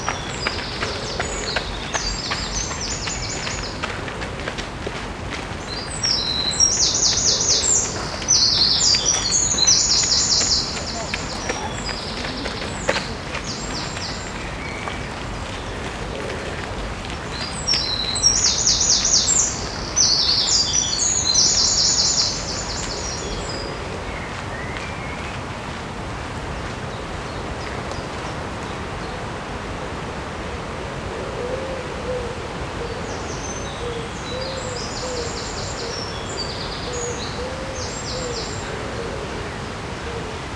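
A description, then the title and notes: Sounds along a river in Odense, Denmark: a steady low rumble of moving water runs throughout. High, bright bird chirping comes in bursts, strongest around 6–11 and 18–22 seconds and again faintly near the end, with soft lower calls after 30 seconds. Sounds along the river in Odense, Denmark.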